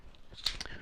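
The leg of an Accu-Tac PC-4 bipod, which has no buttons for leg positioning, is yanked down and released, springing back to slap into its preset detent in the hub. A sharp metal snap at 0.5 s marks the leg seating in position, followed by a softer hit around 0.6 s, over low background noise.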